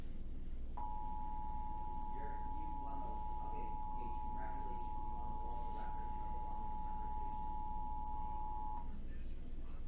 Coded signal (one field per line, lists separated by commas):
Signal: Emergency Alert System (SAME) tones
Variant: 853 and 960 Hz attention tone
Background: speech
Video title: IPAWS and Sacramento Tests (EAS #481-494) 7/1/24